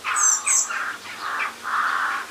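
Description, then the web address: Bird giving harsh, squawky calls in several drawn-out bursts, with a thin high squeak near the start and a soft background hiss. "musicradar outdoor-samples Birds GO Birds Various"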